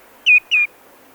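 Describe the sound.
Common greenshank giving two clear, ringing whistled notes, each sliding slightly downward, in quick succession against a quiet background.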